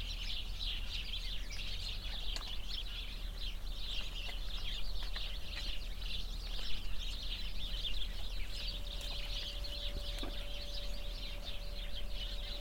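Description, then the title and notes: Sparrow flock chattering without pause, countless short chirps blending into a bright wall of sound, a few clicks and low wind rumble beneath. Flock of sparrows in a bush beside a cow pasture, Hupperdange, windy summer morning. "hupperdange, sparrows and cows. Hupperdange - Bird Bush. The sounds of a bush full of sparrows nearby a cow pasture on a windy summer morning. Project - Klangraum Our"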